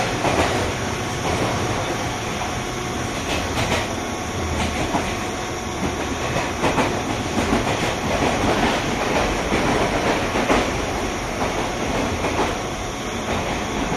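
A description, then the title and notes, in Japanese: A JR 201 series train runs at a steady pace, its rumble and rushing noise holding an even level for the whole stretch. Brief rattling clatters from the wheels break through every few seconds, with a thin high whine in the background. JR201系 桃谷〜桃谷。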